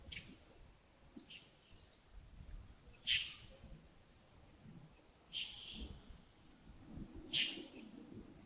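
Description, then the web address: Bird calls, loud brief notes roughly every two seconds, with softer high chips between them over steady low background noise. Early morning at Yagongding, 28 December 2025, around 07:40. "2025-12-28 亚公顶清晨 251228 074040 birds"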